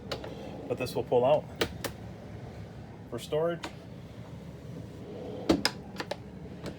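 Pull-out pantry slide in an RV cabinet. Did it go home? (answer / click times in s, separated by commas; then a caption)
yes / 5.6 s. A pull-out pantry slide in an RV cabinet is pulled out to its open position while someone talks, with several cupboard-like knocks along the way. The unit locks into place with a sharp click at 5.7 s.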